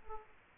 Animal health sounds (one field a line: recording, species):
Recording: mosquito wingbeat signal from an infrared sensor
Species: Aedes aegypti